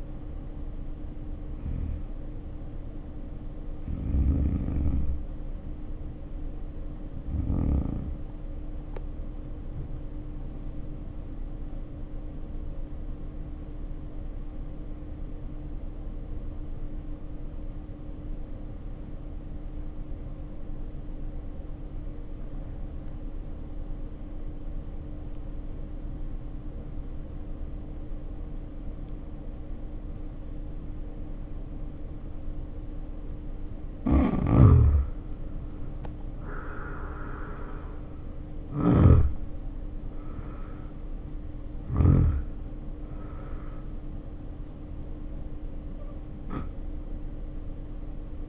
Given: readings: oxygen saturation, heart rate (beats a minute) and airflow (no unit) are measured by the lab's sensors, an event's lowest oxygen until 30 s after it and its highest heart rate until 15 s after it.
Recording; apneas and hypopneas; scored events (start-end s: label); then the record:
breathing in sleep by a smartphone at the bedside; 1
0.00-2.00 s: awake
7.00-36.20 s: hypopnea (REM, oxygen 96% highest, then 77% lowest, heart rate 52 at the start, 72 highest)
26.00-48.49 s: new sleep stage, N1 (lightest sleep)
From the record:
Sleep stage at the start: REM sleep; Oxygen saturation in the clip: 79 to 96%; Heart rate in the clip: 52 to 72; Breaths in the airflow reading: 17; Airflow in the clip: -2.3 to 2.6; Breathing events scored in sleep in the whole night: 520 in 7.2 hours asleep